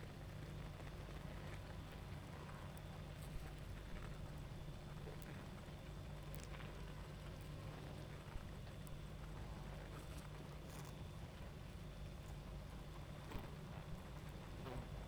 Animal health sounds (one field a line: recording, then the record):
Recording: honeybee colony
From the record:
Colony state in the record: active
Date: 28 July 2017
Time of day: 23:26